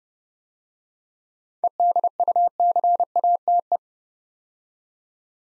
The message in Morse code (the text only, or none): EDUCATE